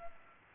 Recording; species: mosquito wingbeat signal from an infrared sensor; Culex pipiens